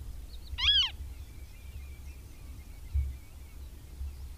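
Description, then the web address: Western marsh harrier giving a single short, thin, arched call with a quick rise and fall, over a low steady rumble of background noise. "agykontroll Madardalok Cd 3. Barna rétihéja"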